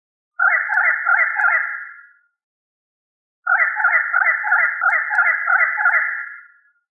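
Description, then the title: Chicken clucking in two bursts of quick, throaty pulsed notes, the second burst longer, separated by a short silence. "manok ostrali"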